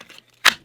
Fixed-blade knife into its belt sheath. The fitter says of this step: you get that nice solid click so i do trust it as a belt knife